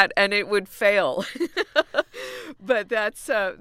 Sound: laughter

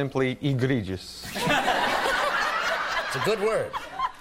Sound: soundbite of laughter

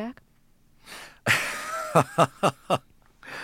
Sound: laughs

